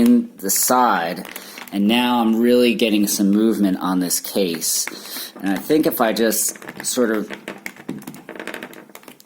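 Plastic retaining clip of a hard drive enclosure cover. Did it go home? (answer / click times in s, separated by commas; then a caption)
released / 8.3 s, 8.5 s. Someone talks while prying the plastic top cover off an external hard drive enclosure by hand, working the case loose. Near the end, the internal plastic retaining clips give with a crackling run of snaps, with clear clicks at 8.3 s and 8.5 s as a clip pops open and releases.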